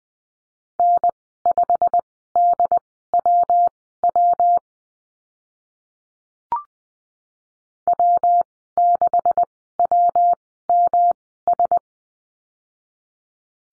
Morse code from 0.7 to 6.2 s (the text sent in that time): N5DWW